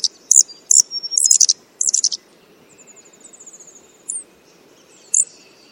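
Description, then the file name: Blue flycatcher alarm: rapid clusters of high sharp chips, then a soft series of thin ticks and two further single chips. "suara alarm panggilan cikrakperi biru omkicau"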